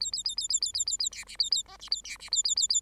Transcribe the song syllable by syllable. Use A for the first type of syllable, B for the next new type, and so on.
A A A A A A A A A B C A A D C A B C A A A A